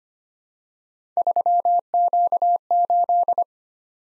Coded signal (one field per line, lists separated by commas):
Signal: Morse code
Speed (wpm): 25 wpm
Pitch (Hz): 700 Hz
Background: none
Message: 3Q8